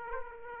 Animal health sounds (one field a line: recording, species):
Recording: mosquito wingbeat signal from an infrared sensor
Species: Aedes aegypti